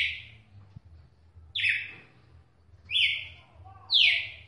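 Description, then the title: Red-cowled cardinal whistling short, bright downslurred notes about once per second, with a low hum in the background. "Galo De Campina"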